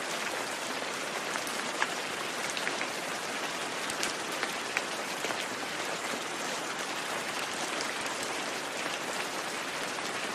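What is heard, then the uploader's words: Steady, dense rain patters evenly on a surface, a bright hiss of countless drops with occasional sharper individual taps, unchanging throughout. Rain Sounds.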